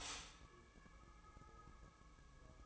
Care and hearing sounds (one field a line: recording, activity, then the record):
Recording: daily activity, microphone in the room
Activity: stop toaster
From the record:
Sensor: 1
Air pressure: 1007.2 hPa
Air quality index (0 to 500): 76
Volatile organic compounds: 1 ppm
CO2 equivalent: 664 ppm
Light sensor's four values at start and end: 7/17/7/7 and 7/17/7/7